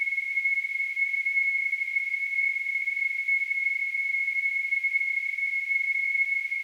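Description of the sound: Simulated tonal tinnitus: a steady, high-pitched tone near 2 kHz with a faint hiss above it, continuing unchanged through the whole clip.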